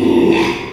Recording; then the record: squeal of a Yucatan mini pig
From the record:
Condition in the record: after surgery on the right vocal fold (resection and tissue-engineered implant); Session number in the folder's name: 1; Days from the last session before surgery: 6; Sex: male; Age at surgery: 12 weeks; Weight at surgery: 13 kg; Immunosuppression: cyclosporine, prednisolone